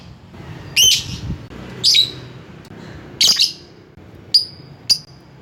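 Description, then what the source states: Lovebird calls: five shrill, harsh chirps at uneven gaps, the last two thinner and shorter, over a quiet low hum. Lovebird calling to a rival.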